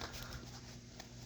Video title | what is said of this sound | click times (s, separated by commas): Product Improvements with 3D Printing | it snaps right in no problem perfect | 1.0 s